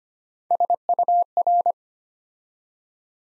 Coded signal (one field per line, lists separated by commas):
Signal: Morse code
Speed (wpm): 25 wpm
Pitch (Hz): 700 Hz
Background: none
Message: SUR